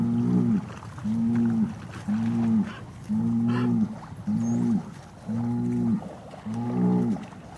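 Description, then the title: Cow mooing in a steady series of short, level harmonic moos, about one per second, with soft background noise between calls. "Eco-Moo-tion: The Ecological Soundscape of Cow Conversations"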